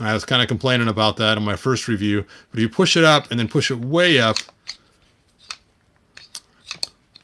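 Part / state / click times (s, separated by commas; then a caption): action figure foot into its leg joint / seated / 6.8 s. Someone talks for about four seconds, then an action figure's foot is pushed up into its leg joint, then pushed further, with several small clicks and taps. The foot clicks and locks in place with the sharpest click at 6.8 s.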